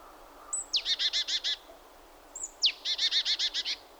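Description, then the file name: Great tit call given twice: a high thin note and a steep falling sweep, then several evenly spaced buzzy chur notes. "Parus major"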